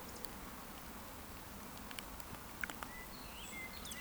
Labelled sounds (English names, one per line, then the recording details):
Eurasian Woodcock whistle
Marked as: whistle, whistle
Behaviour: display flight
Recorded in Baden-Württemberg, Germany, on 14 June 2020 at 19:29 UTC
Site 14569, 102 m above sea level